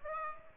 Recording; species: mosquito wingbeat signal from an infrared sensor; Aedes aegypti